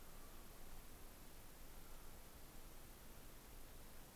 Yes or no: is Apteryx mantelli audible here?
no